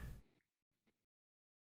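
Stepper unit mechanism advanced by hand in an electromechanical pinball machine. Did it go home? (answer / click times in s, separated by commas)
no / none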